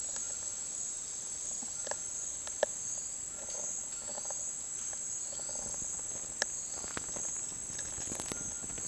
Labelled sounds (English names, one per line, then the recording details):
none
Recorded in dense forest near Puerto Asís, Putumayo, Colombia, on 29 June 2025 at 09:30
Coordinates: 0.468, -76.322
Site GP03